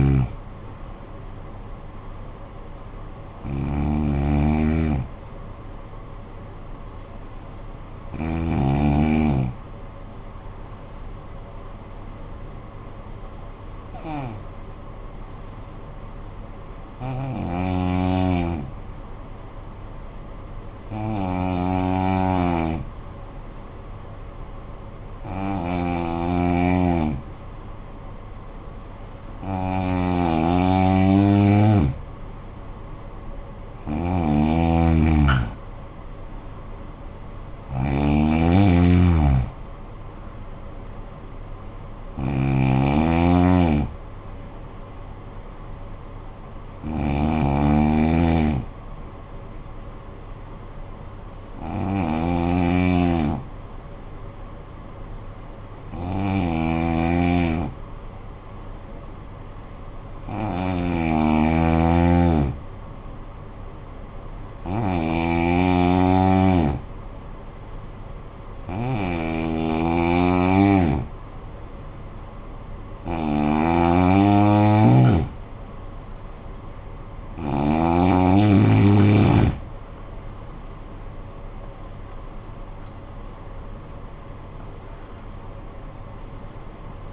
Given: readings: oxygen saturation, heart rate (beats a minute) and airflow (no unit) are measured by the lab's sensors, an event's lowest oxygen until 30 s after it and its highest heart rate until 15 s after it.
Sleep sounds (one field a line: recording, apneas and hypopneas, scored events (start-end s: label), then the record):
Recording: breathing in sleep by a smartphone at the bedside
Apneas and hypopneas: 2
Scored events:
12.00-31.50 s: hypopnea (N2, oxygen 96% highest, then 86% lowest, heart rate 52 at the start, 67 highest)
56.00-72.90 s: hypopnea (N2, oxygen 94% highest, then 89% lowest, heart rate 53 at the start, 80 highest)
80.00-87.13 s: new sleep stage, N1 (lightest sleep)
From the record:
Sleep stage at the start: N2 (light sleep)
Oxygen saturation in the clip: 86 to 96%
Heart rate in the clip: 48 to 80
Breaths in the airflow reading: 20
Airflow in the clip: -11.2 to 13.4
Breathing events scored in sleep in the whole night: 445 in 7.6 hours asleep